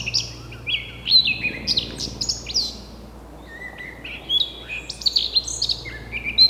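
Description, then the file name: Eurasian blackcap giving two bursts of quick, high twittering notes separated by a quiet pause of roughly one second; faint steady low hum in the background. "Sylvia atricapilla"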